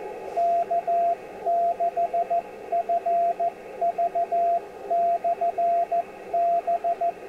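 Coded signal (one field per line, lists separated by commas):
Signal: Morse code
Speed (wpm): 14 wpm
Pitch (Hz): 690 Hz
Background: radio noise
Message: K6FV/B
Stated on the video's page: 6 meter beacon heard in central British Columbia on an IC-746 Pro with a 3-element quad.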